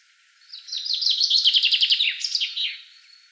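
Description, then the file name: Common chaffinch song: one quick descending series of bright repeated notes ending in a short flourish, lasting about two and a half seconds. "Fringilla coelebs"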